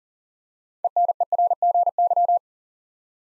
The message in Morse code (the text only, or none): ENERGY